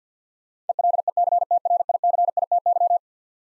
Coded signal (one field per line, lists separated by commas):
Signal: Morse code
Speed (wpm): 50 wpm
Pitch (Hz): 700 Hz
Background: none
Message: ELECTRICITY